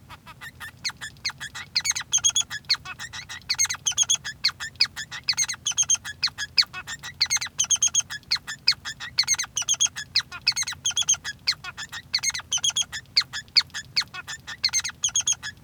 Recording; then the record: song of a male Bengalese finch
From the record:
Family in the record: son of father 3